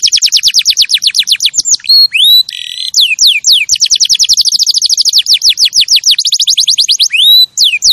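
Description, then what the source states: Canary singing loud, clear sweeping notes repeated in rapid series, broken by a short buzzy phrase and a few slurred whistles before the quick rolling notes resume. Champion canary song used as a master recording for training other birds to sing.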